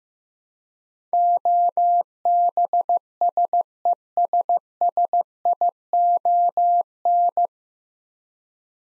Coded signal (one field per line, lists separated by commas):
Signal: Morse code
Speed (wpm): 15 wpm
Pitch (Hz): 700 Hz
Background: none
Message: OBSESSION